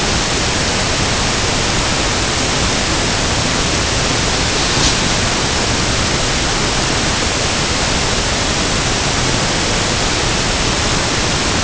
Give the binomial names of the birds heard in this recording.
none